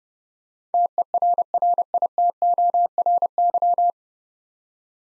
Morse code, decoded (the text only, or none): TERRITORY